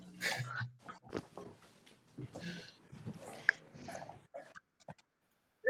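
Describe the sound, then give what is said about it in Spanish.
A dog named Tommy snorts and growls in rough, irregular bursts, low grunting rumbles mixed with sharper huffs, for several seconds before falling quiet. “Ignoren al perro psicópata.”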